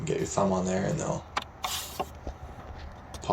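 Someone talks while pressing the plastic back-side clips of a housing cover into the body of an aftermarket GMC/Chevy tow mirror with a thumb during reassembly. The simple clips pop into place with sharp snaps at about 1.6 s and 3.3 s, and the cover is seated.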